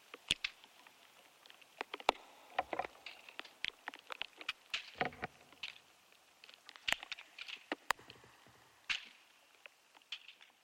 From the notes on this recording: The interior sound world of ash trees, Fraxinus excelsior .